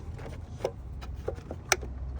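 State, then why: Seated. On a 2006 Volvo S60 T5 (P2, white block), the first of two plastic retaining clips on an engine-bay housing is wiggled, making faint rubbing and small plastic taps at about 0.7, 1.3 and 1.5 seconds. A sharp, loud click at 1.7 seconds marks the clip snapping into place, fully seated.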